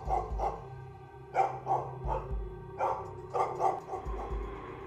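dog barking and yapping

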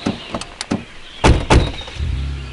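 car door closing

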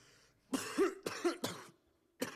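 cough

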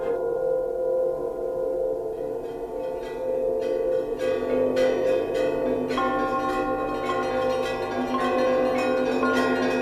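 church bells ringing

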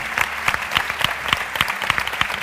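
audience applause

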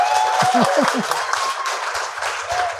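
applause

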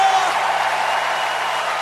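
audience shouting

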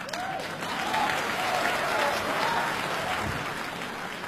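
audience applause

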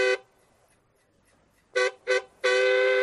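truck horn honking

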